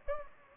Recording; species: mosquito wingbeat signal from an infrared sensor; Anopheles gambiae